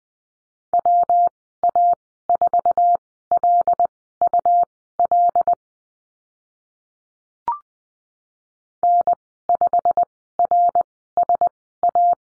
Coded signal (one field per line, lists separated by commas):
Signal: Morse code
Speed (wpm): 20 wpm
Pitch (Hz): 700 Hz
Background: none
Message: WA4LUL N5RSA